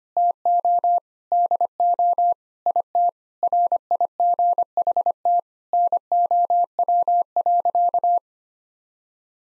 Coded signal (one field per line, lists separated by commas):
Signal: Morse code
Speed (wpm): 25 wpm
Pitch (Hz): 700 Hz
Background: none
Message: TO DO IT RIGHT NOW.